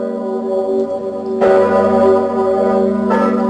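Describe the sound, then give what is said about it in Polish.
The 500-year-old Zygmunt bell, Poland's most important bell, in Kraków, tolls with deep, resonant strikes, two heavy clangs a couple of seconds apart, each swelling into a long, humming ring of layered overtones that never fully fades. “Dzwon Zygmunt ma 500 lat.”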